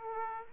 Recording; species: mosquito wingbeat signal from an infrared sensor; Aedes aegypti